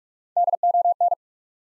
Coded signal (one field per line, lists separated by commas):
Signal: Morse code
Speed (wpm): 46 wpm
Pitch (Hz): 700 Hz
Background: none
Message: DON